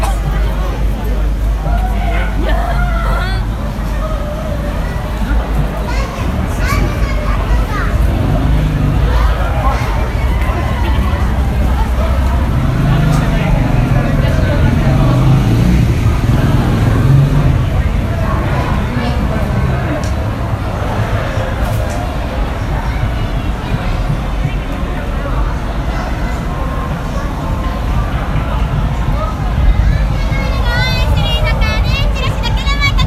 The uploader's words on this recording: Recorded of the sounds, noises and atmosphere at Shibuya Halloween Crowd 2021.